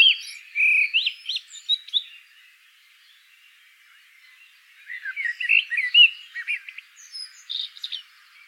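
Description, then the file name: Common blackbird: mellow whistled warbling at the start, quiet for a few seconds, then a busier phrase of rich notes and thin twitters. "Turdus merula"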